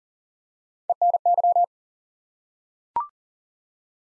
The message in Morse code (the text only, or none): ENY